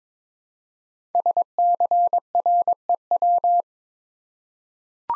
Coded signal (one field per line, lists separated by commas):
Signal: Morse code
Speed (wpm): 23 wpm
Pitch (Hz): 700 Hz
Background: none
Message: SCREW